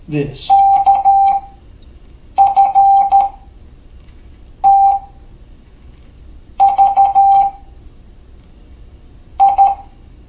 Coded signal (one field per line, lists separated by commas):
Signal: Morse code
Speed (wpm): 13 wpm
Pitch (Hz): 790 Hz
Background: speech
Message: K F T V I